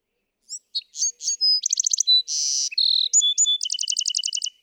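Bewick's wren song with soft lead-in notes, a quick stutter, a harsh buzz, a steady whistle and a long rippling trill at the end.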